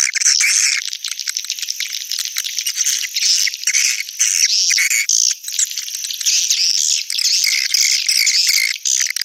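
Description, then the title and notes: Swiftlet calls, a thick, high-pitched twittering and clicking that rises and falls in loudness without stopping. Swiftlet sound used in swiftlet farming, Asia. "Swiflet Bird Sound. Farming Swiflet Bird asia sound"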